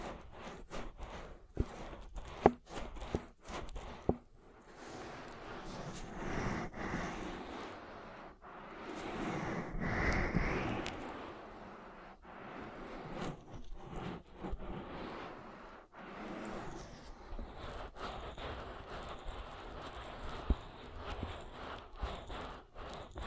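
An oil ear massage, with dense, slippery rubbing and squishing that swells and fades in uneven strokes, loudest around the ten-second mark. Brief pauses cut through the rubbing, and a few sharp clicks and taps stand out early on.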